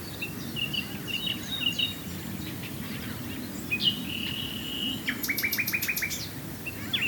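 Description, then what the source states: Common nightingale song with a long pure whistle followed by a fast, rattling series of sharp repeated notes, over a low steady background rumble. Swale.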